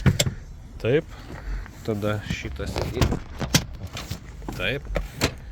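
A rear seat back is handled and folded down in the cargo area of a Mercedes-Benz GL450 SUV while someone talks, with short sharp knocks and rattles through the handling. The seat has not latched into its flat folded position yet; nothing has seated or clicked.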